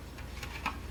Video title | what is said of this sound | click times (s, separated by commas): Millennium Falcon Episode One | and you can see how everything just snapped right into place | 0.4 s, 0.7 s